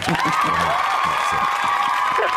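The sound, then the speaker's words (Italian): A canned applause sound effect: dense, steady clapping with crowd cheering and whoops blended in, loud and sustained for a couple of seconds with no talking over it, played on a call-in show after a caller's suggestion. “Già abbiamo messo l'applauso.”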